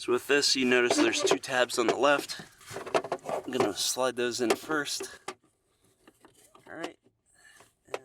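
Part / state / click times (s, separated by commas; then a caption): plastic cabin air filter access cover into the filter housing behind the glove box / seated / 7.9 s. Someone talks while the plastic cabin air filter access cover on a 2019 Toyota Camry is fitted into the filter housing behind the glove box, its two left tabs slid in first. After a few faint taps and rustles, the right-hand side is pushed in and snaps into place with a sharp click at 7.9 s, seating the cover.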